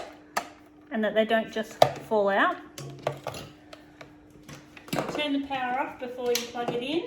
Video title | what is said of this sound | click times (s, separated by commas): Buttermilk Scones | make sure you put these in until you hear the click | 0.4 s